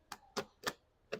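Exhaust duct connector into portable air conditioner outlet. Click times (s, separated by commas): 0.1 s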